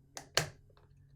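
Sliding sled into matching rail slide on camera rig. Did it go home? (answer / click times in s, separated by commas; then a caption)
yes / 0.4 s. A matte box sled is pushed along matched arrows into the rail slide of a Sony A7IV camera rig's rail system. A softer click at 0.2 s is followed by a sharp, bright click at 0.4 s as the sled seats, then a faint tap near 0.8 s. The sled is firmly in and won't slide out.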